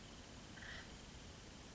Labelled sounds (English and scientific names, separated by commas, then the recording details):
Acorn Woodpecker (Melanerpes formicivorus)
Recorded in Sonoma County, California